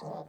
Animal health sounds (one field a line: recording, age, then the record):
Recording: pig call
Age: piglet (1 to 25 days)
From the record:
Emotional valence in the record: negative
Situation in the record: long isolation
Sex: male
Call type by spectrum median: low-frequency call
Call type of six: low-frequency stable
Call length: 0.29 s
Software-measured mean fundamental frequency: 52 Hz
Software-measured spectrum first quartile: 296 Hz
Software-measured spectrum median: 550 Hz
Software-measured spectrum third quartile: 757 Hz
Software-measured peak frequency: 573 Hz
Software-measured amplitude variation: 129 dB a second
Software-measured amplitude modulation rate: 22.6 a second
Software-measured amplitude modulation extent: 5.7 dB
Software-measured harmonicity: 1.8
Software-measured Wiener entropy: -0.14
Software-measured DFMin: 1372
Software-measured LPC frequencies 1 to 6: 630, 3665, 4258, 4740, 6362, 7095 Hz